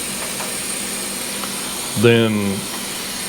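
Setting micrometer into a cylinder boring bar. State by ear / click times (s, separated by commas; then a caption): not seated / none. A steel setting micrometer is being handled toward a cylinder boring bar, where it is used to set the tool height. Someone talks briefly over a steady background hiss. The micrometer has not yet gone in, and nothing has seated or clicked yet.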